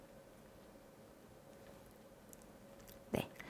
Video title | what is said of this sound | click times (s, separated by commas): 금요일에 과학터치 인천지역 도입 강연 – 과학으로 확인하는 사랑, 러브미터만들기 | 딸깍 하고 소리가 났는데요. | 3.2 s